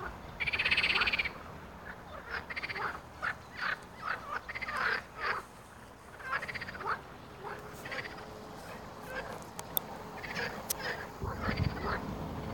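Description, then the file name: Frog chorus of repeated harsh croaks, a loud burst at the start, then a run of pulses about every half second, with low background noise. Frog chorus, described as a concert. "zabi koncert"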